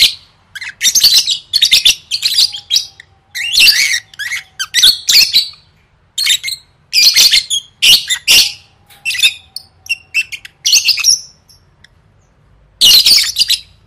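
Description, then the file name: Lovebird squawking in harsh, grating bursts, some short and some drawn out, coming in quick irregular runs with brief pauses between. "tieng vet mau don"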